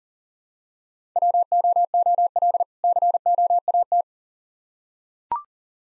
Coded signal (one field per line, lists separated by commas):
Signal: Morse code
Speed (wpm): 37 wpm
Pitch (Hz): 700 Hz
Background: none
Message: WOOL COAT